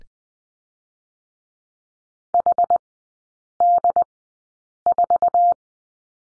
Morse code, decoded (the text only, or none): HD4